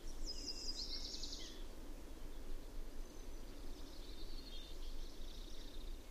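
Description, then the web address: Yellow warbler song: a brief run of high notes at the start, then fainter high notes later, over steady low noise. Common western species of North America. "Songs of Birds of North America Know Your Bird Sounds Common Western Species Yellow Warbler"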